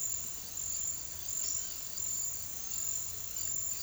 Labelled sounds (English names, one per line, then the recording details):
none
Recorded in pastures near Puerto Asís, Putumayo, Colombia, on 8 March 2025 at 09:30
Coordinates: 0.487, -76.322
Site G077